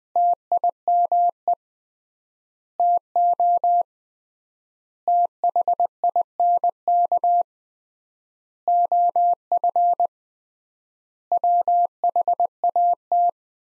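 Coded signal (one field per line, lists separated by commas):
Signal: Morse code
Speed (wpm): 21 wpm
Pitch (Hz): 700 Hz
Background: none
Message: TIME TO THINK OF WHAT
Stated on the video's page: Morse sentence practice at 20wpm with 3x word spacing, similar to Farnsworth method applied to words.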